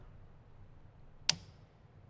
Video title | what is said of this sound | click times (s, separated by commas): Toyota Tundra Kicker 6 Speaker Plug & Play Bundle - 2007 - 2013 Toyota Tundra | that nice snap into place can route our speaker wire down | 1.3 s